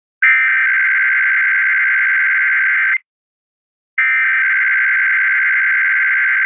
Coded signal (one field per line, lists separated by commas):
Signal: Emergency Alert System (SAME) tones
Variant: header bursts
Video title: Sacramento Required Monthly Test (EAS #977-984) 3/3/25